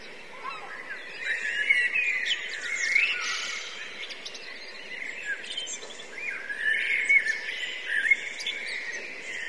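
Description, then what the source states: Blackbirds chattering together, a continuous wash of creaky squeaks and short whistles, swelling around the third and seventh seconds. Several blackbirds; recorded from a line-in input, with buffer overruns.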